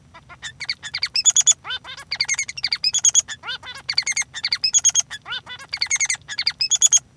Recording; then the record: song of a male Bengalese finch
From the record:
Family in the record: son of father 3